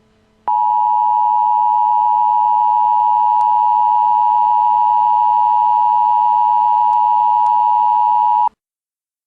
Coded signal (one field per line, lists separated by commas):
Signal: Emergency Alert System (SAME) tones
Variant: 853 and 960 Hz attention tone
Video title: EAS: Warnings for domestic terrorist attacks